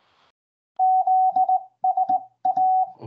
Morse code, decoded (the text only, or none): ZSA